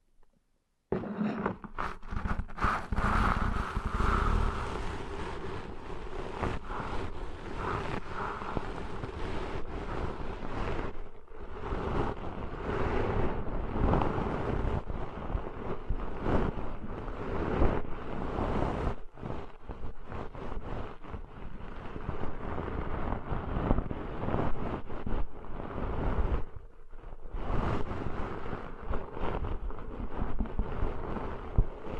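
Deep ear cleaning sounds that start after a second of silence and turn into a dense, constant rubbing and scratching with a heavy low rumble, like wind buffeting a microphone. Brief breaks at around 11, 19 and 27 seconds interrupt the otherwise unbroken texture.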